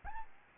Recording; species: mosquito wingbeat signal from an infrared sensor; Aedes albopictus